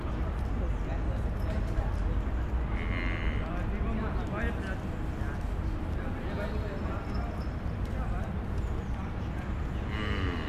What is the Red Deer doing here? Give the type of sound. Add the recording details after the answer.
roaring. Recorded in captivity. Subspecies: elaphus. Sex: male. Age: adult. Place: Tierpark Berlin, Berlin, DE. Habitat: zoo. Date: 2001-09-27 11:10. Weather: cloudy, 10°C. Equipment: Tascam DA-P1, Sennheiser MKH 70. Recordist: Frommolt, Karl-Heinz